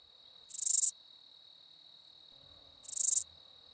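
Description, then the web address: Broad-winged bush katydid song: two short, pulsed, hissy buzzes about two seconds apart, over a steady high tone in the background. "The Songs of Insects. Broad-winged Bush Katydid"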